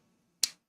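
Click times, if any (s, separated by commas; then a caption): 0.4 s. A 3D-printed ABS vented riser clip is pressed onto the top enclosure of an Elegoo Centauri Carbon 3D printer. After near silence, a single sharp, bright snap rings out at 0.4 s and fades within about a tenth of a second. The clip snaps into place and is seated.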